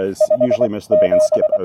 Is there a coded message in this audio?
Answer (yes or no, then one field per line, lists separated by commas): yes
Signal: Morse code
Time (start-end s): 0.2-1.6 s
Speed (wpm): 20 wpm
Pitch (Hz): 590 Hz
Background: speech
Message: 57